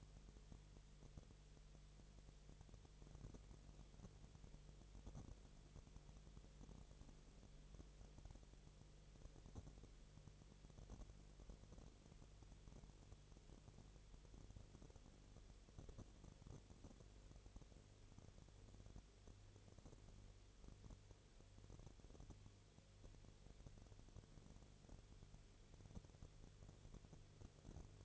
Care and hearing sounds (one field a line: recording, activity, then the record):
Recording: daily activity, microphone in the room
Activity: no activity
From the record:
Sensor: 4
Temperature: 22.3 degrees Celsius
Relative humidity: 30.9%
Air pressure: 1004.1 hPa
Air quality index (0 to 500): 86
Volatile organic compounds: 1 ppm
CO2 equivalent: 772 ppm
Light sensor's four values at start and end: 2/3/1/1 and 2/3/1/1